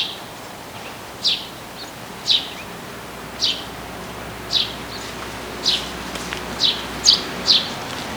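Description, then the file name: Eurasian tree sparrow giving eight short, sharp chirps, the last few closer together, over a steady background hiss. "Passer montanus"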